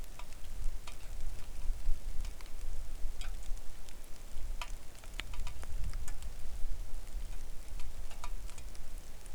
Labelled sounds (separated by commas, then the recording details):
wind, rain
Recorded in the Arctic National Wildlife Refuge, Alaska, on 3 August 2019 at 09:37
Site 41